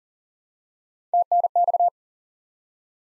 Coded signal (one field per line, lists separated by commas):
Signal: Morse code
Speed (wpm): 40 wpm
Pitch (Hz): 700 Hz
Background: none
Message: TNX